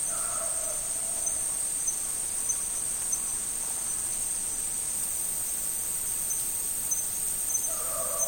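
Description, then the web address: Insects stridulating, a steady very high shrill drone, with a lower hooting bird-like call at the start and end. Tropical forest insects. "Tom Hutchings Insects Tropical"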